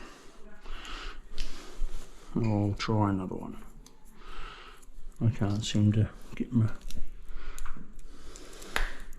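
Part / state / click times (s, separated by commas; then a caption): tile leveling clip into the tile joint or base / seated / 8.8 s. After one piece fails, another tile leveling clip is pushed into the tile joint or base while someone talks. Soft handling taps and rustles lead up to a sharp, strong click at 8.8 s as the clip seats.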